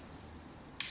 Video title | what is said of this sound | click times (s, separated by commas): 170904 barrettes led | Donc ça se clipse comme ça, c'est très simple. | 0.8 s